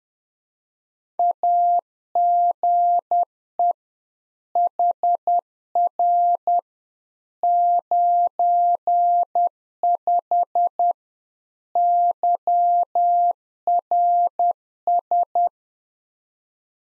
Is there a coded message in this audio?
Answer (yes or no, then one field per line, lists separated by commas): yes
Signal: Morse code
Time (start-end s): 1.2-15.5 s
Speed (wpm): 10 wpm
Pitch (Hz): 700 Hz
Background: none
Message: AGE HR 95 YRS